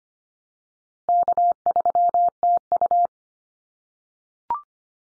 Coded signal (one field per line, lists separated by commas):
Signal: Morse code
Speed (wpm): 25 wpm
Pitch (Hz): 700 Hz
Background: none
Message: K3TU